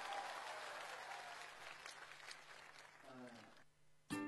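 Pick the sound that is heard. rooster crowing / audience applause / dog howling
audience applause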